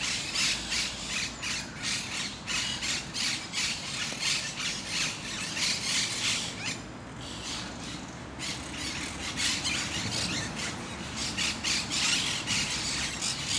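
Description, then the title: Parakeets screech continuously in fast, raspy squawks, about three a second, pausing briefly midway before resuming. Parc de Forest, Saint-Gilles, Belgium; recorded with a Sony PCM-D100, internal microphones in wide position. "Parc de Forest, 1060 Saint-Gilles, Belgique - Parakeets - Perruches"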